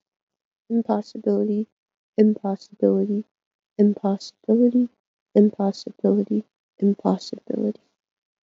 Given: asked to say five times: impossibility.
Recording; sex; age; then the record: repeated word; female; 20 to 29 years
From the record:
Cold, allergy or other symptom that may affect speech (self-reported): no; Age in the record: 23 years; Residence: New York, United States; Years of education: 16